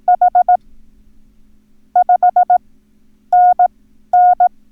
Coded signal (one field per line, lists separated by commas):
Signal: Morse code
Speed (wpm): 18 wpm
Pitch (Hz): 720 Hz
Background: none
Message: H 5NN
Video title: Learn Morse Code - Numbers - Lesson 1